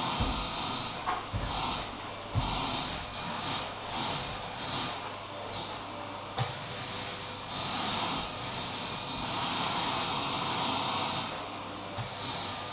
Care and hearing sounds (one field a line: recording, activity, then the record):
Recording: daily activity, microphone in the room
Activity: vacuum cleaning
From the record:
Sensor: 1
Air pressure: 988.7 hPa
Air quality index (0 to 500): 198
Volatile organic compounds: 986 ppm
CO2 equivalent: 5282 ppm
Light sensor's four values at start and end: 25/92/35/36 and 25/92/35/36